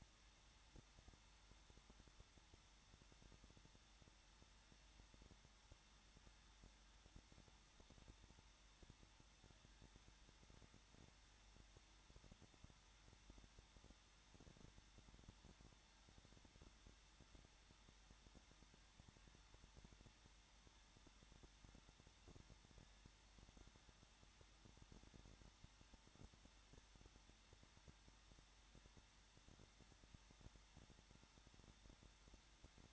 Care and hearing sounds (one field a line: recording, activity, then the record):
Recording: daily activity, microphone in the room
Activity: no activity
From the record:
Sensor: 3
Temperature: 21.2 degrees Celsius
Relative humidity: 36.4%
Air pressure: 1006.4 hPa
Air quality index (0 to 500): 222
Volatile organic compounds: 42 ppm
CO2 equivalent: 3182 ppm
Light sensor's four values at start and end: 2/3/2/2 and 2/3/2/2